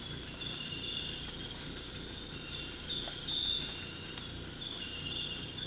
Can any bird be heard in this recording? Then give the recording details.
no. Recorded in pastures near Puerto Asís, Putumayo, Colombia, on 18 December 2024 at 03:00. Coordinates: 0.466, -76.322. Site G040